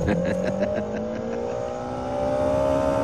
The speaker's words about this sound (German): Du fährst gut, aber sehr schnell.